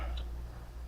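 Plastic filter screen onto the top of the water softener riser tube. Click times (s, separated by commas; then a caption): 0.2 s. A small plastic filter screen is twisted onto the top of a water softener's riser tube until it drops into place, then given one more twist into its locked position. A single short, bright click sounds at 0.2 s over a steady low hum. The screen is seated and locked.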